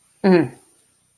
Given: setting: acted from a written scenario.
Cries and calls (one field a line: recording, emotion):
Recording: vocal sound without words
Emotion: anger